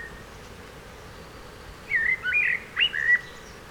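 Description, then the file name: Eurasian blackbird producing a brief phrase of warbled, fluting whistles after nearly two seconds of quiet background hiss. "Turdus merula"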